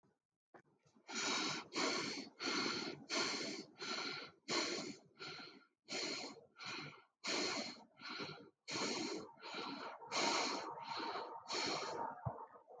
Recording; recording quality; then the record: shallow breathing; excellent, no background noise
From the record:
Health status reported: healthy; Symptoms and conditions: none ticked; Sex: male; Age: 25 years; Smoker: not ticked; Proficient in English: yes